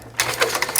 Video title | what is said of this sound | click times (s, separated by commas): Ladder Safety just got safe! Part 1 | Locks in place multiple positions wherever you need it to, | 0.2 s, 0.6 s, 0.8 s